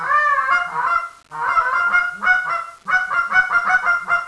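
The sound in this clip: Goose, a run of loud nasal honks in quick bursts with two brief pauses.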